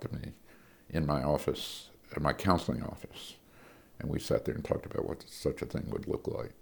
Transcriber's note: none